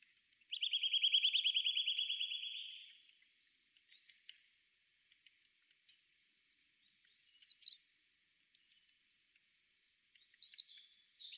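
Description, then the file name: Eurasian wren song: a loud rapid trill lasting about two and a half seconds, followed by high chips, thin whistled notes and scattered twittering. "Troglodytes troglodytes"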